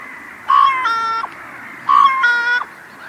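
Bird giving two harsh, harmonic calls, each opening with a brief clear note and holding a flat nasal tone, spaced roughly 1.4 seconds apart against a dense bird chorus.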